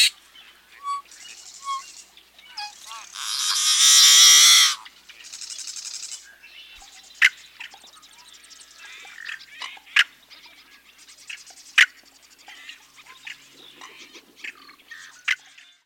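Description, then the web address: Yellow-headed blackbird giving a harsh, grating buzz lasting over a second after a few clipped notes, followed by scattered sharp ticks. "Birds of the Chicago Region. Yellow-headed Blackbird"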